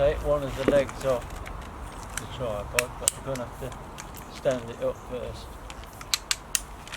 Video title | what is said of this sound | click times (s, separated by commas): Unboxing Tripod -3 Legged Thing Legends Mike Tripod + AirHed Cine Arca" in the back garden & review | You can hear the clicks and just | 6.1 s, 6.3 s, 6.6 s